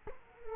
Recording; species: mosquito wingbeat signal from an infrared sensor; Culex quinquefasciatus